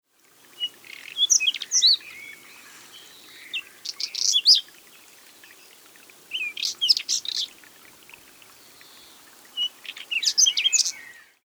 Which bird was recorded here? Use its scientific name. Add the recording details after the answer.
Saxicola rubetra. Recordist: Frommolt, Karl-Heinz. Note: Gesang